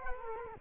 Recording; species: mosquito wingbeat signal from an infrared sensor; Culex quinquefasciatus